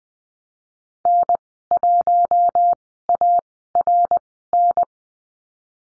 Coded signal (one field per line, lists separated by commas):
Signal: Morse code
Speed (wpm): 20 wpm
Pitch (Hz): 700 Hz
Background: none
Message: N1ARN